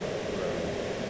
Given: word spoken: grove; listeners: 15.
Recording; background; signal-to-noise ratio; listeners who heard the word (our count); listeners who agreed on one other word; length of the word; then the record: one English word in noise, from a listening test; speech-shaped noise; -5.9 dB; 0 of 15; 7 of 15; 0.70 s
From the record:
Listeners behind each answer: 7, 2, 1, 1, 1, 1, 1, 1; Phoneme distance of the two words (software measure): 7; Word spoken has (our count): 1 syllable, 4 phonemes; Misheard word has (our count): 1 syllable, 3 phonemes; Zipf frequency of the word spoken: 3.50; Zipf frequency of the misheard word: 4.93